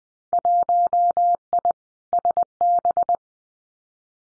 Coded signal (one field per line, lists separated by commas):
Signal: Morse code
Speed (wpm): 20 wpm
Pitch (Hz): 700 Hz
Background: none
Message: 1I SB